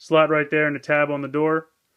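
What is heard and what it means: A plastic door panel with a tab is handled near its slot on the body of a Transformers RID Warrior Class Autobot Jazz transforming robot toy while someone talks. The voice runs almost continuously until about 1.7 s, then falls silent. Nothing has seated or clicked yet.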